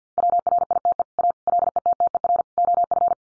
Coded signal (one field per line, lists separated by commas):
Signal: Morse code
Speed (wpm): 48 wpm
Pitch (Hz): 700 Hz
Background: none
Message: WRITE A LETTER OF